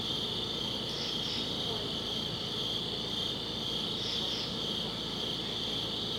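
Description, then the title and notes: Cricket chorus of a constant shrill trill, with double higher chirps appearing twice, a few seconds apart, over low background rumble. Crickets outdoors at a summit at dusk. "Ext. Summit Crickets, Dusk"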